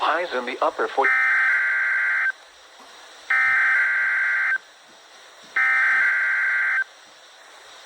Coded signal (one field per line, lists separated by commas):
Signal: Emergency Alert System (SAME) tones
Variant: header bursts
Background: speech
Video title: In Georgia on KXI75 Again! | RWT | EAS #86